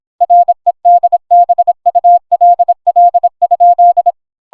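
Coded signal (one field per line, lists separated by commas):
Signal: Morse code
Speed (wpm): 26 wpm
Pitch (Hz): 700 Hz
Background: none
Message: REDBULL?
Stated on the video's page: Morse code rendition of a cartoon scene.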